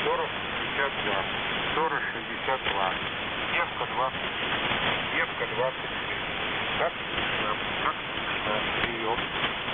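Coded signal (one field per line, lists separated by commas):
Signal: coded military voice message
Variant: The Squeaky Wheel, Russian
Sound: faint, choppy Russian male voice reading short words through heavy hissing shortwave static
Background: radio static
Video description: "The Squeaky Wheel" is a Russian military radiostation that broadcasts on 5367 kHz at daytime and on 3363.5 kHz at nighttime.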